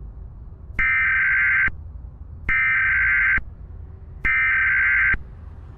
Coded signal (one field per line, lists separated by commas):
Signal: Emergency Alert System (SAME) tones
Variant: header bursts